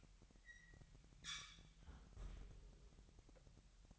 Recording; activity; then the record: daily activity, microphone in the room; close fridge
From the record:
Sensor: 3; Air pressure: 1002.0 hPa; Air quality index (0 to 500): 246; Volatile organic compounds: 51 ppm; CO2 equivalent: 3305 ppm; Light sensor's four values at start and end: 12/36/16/13 and 12/36/16/13